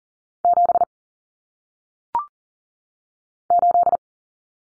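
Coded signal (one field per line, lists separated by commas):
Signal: Morse code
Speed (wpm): 40 wpm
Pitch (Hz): 700 Hz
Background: none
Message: 7 8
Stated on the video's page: Single-digit cut-number drill at 40 wpm for head-copy, with T, A, N standing for 0, 1, 9; each number sent in Morse, then spoken, then sent again.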